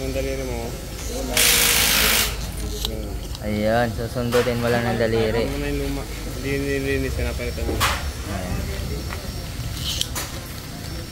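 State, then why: Seated. A fuel filter on a Raider 150 FI motorcycle is twisted into the fuel pump housing while someone talks over a background hum. A single sharp click at 10.0 seconds shows it has locked into place, and the filter is seated. Only one click is expected, since two clicks would mean it has cracked.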